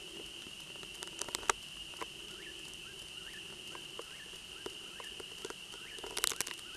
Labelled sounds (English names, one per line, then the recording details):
Eastern Whip-poor-will song
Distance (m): 50 m
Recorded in a Pennsylvania forest on 31 May 2023 at 21:28
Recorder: AudioMoth, point grid3_29_low
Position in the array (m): -9 m, 91 m